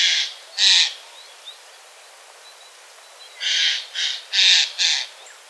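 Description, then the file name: Eurasian jay giving harsh, raspy screeches: two bursts at the start, a pause of over two seconds, then four more in quick succession. "Garrulus glandarius"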